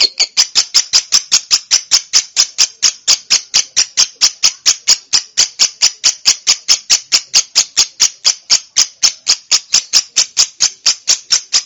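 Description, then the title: Songbird song: loud, high rattling notes repeated steadily without pause throughout. Training recording for songbirds. "LuckyBurung MasteranBest"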